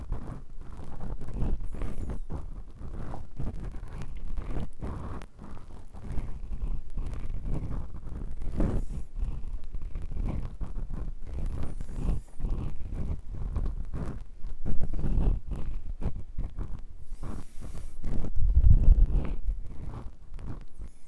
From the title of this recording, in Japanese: 耳かき